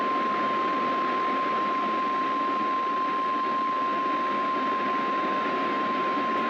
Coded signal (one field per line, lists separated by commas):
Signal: Emergency Alert System (SAME) tones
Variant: 1050 Hz attention tone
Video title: HELLO EVERYONE EAS Tests From 8/4/21 (EAS #780-787)